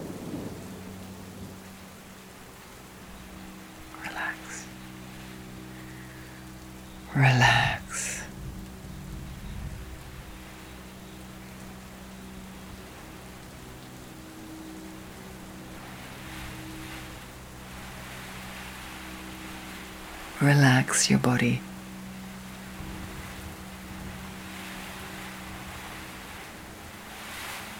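A steady soft hiss of rain runs under a low, constant hum throughout. Two short, loud bursts break through, one around seven seconds and another near twenty-one, each fading within a second or two, with a fainter crackle near four seconds.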